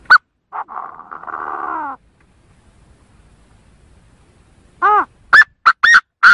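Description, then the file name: Chinese francolin calling with a raspy buzzing phrase, a quiet gap, then a quick series of loud, harsh, clipped notes. In forest. "Tieng ga go rung"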